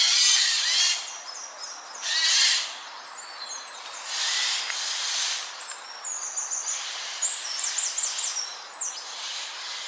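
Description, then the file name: Eurasian jay giving several rasping, noisy screeches spaced a second or two apart, with thin high chirps from other birds between them. "Garrulus glandarius"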